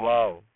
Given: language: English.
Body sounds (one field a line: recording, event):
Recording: throat vibration sensor signal played as sound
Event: speech